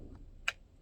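A pistol magazine is pushed back into the pistol grip, with a faint tick early on and a sharp, loud click at 0.5 s over a low background rumble. The magazine is seated, and a tug confirms it won't come out.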